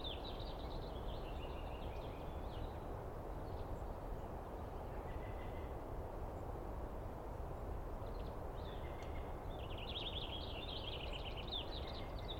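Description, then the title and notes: Douglas squirrel chattering in two rapid stuttering bursts, one at the start and a longer one near the end, with a brief thin whistle between, over constant low rumble. Squirrel screaming at length at dawn on 21 April 2017 in the East Cascades, recorded on microphones and recorder; identified by sound, not seen well. "On the morning of 21 April, 2017, I set up my microphones and recorder for a nice dawn recording in the East Cascades. I was started awake by a screaming Douglas Pine Squirrel."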